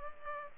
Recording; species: mosquito wingbeat signal from an infrared sensor; Culex pipiens